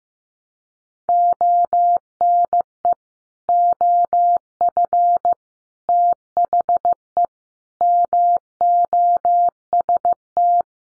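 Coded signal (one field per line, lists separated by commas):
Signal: Morse code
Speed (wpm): 15 wpm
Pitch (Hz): 700 Hz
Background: none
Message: ONE OF THE MOST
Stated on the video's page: Morse code head-copy practice at 15 wpm: sets of common five-word groups, each sent in Morse, then spoken, then sent again.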